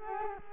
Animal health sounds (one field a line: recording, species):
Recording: mosquito wingbeat signal from an infrared sensor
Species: Culex quinquefasciatus